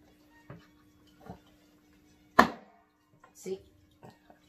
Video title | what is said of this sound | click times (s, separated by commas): How to put together your Shop-vac | i thought i was not going to hear a noise or anything but when it did it's a very distinct clicking into place there | 2.4 s